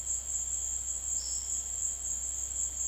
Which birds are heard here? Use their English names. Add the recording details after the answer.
Olive-faced Flatbill. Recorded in dense forest near Puerto Asís, Putumayo, Colombia, on 21 February 2024 at 17:00. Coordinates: 0.485, -76.322. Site G6406